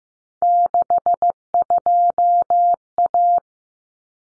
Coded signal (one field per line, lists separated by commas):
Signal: Morse code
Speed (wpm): 15 wpm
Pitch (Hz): 700 Hz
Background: none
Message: 62A